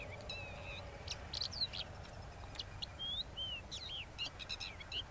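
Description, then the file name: Crested lark calls: scattered clear whistled notes, some slurred downward, others with a short upward sweep, separated by brief pauses and dry ticks over a steady low background hum. "Crested lark alok"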